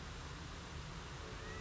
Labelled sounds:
California Quail (Callipepla californica)
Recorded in Sonoma County, California

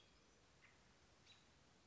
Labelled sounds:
American Robin (Turdus migratorius)
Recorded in Sonoma County, California

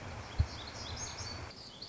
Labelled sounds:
Black-throated Gray Warbler (Setophaga nigrescens)
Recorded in Sonoma County, California

